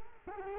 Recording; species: mosquito wingbeat signal from an infrared sensor; Culex quinquefasciatus